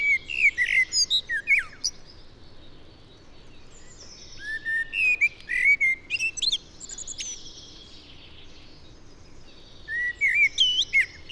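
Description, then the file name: Common blackbird song with three phrases of fluty, warbling whistles that break into high, squeaky chatter, with a long quiet stretch between the second and third phrases. "Turdus merula"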